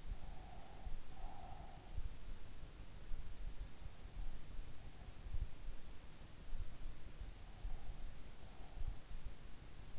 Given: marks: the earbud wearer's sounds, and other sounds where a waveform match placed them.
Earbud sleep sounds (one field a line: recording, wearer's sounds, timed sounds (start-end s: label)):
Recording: sounds in sleep by an in-ear microphone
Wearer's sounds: breath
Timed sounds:
0.00-2.09 s: breath